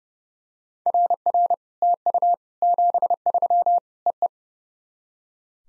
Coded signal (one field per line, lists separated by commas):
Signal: Morse code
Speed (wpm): 30 wpm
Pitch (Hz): 700 Hz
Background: none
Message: RR TU 73 EE